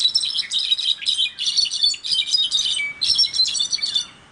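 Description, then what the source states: Brown-backed Solitaire song: quick bursts of high, tinkling, bell-like notes tumbling together, with a brief steady whistle near the three-second mark. One of two songs compared, differing in structure and duration because birds learn to sing differently depending on where they grow up, like regional dialects; year-round in high-altitude forests, Mexico to Central America.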